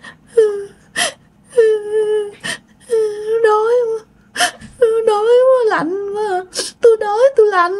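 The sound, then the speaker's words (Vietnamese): A voice outside a house at 3 a.m. moans and whimpers in long, wavering tones that rise and sag in pitch, broken by short sharp gasps or sobs, sounding eerie and mournful throughout. “Cái sau đó tự nhiên bạn nghe tiếng rên, tiếng khóc.”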